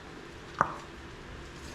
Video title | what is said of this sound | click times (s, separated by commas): Applying the Finishing Touches on our Allis Chalmers D Grader! (Allis Chalmers D Restoration Series) | here it snap in right there | 0.6 s